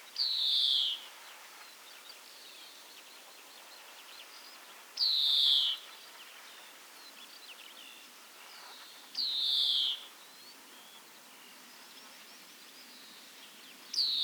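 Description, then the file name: European greenfinch giving drawn-out, buzzy wheezes that slide downward, each under a second long and repeated every four to five seconds over a steady hiss. "Chloris chloris"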